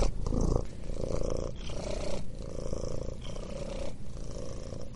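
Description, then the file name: Cat purring, a low rumbling vibration that swells and fades in breathing cycles. Purring, "mrrr". "Murchanie - Cats mrrr Relax"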